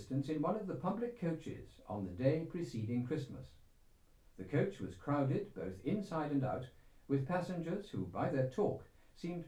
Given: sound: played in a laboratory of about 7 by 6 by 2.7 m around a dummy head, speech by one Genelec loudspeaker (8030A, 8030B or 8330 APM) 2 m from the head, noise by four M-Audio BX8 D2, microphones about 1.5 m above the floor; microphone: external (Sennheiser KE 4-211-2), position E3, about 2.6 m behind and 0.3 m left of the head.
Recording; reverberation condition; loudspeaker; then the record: male speech in English; low; 120 degrees to the left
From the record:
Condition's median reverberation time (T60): about 310 ms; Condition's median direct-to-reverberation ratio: about 3.5 dB